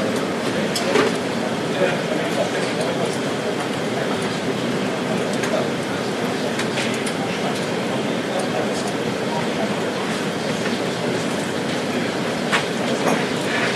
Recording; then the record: background sound without coughing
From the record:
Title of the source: Office Sounds Ambience - Background Noise for Study and Work